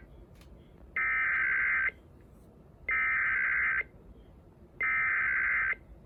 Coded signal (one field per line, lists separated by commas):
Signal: Emergency Alert System (SAME) tones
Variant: header bursts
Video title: Montana Amber Alert {EAS #51}